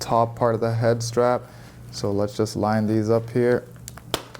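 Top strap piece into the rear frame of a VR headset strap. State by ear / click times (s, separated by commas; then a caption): seated / 4.1 s. Someone talks while lining up the plastic top piece of a K4 Duo Audio head strap for a Meta Quest 3 VR headset and pushing it onto the plastic rear strap frame. A few small ticks come before a sharp click at 4.1 s, when the top strap piece clicks in and seats.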